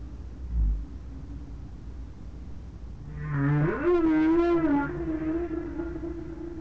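Whale moan: after a quiet start, a low call rises steeply then holds a steady, harmonic-rich tone for about a second before fading into background hiss.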